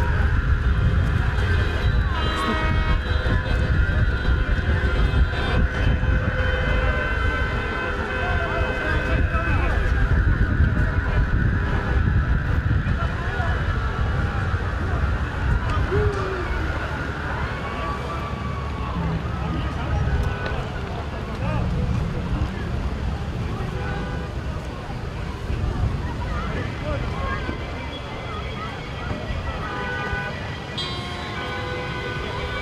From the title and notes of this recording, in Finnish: Kaikki projektin äänet ovat aitoja, dokumentaarisia ääniä, jotka on nauhoitettu Valkovenäjällä meneillään olevissa mielenosoituksissa.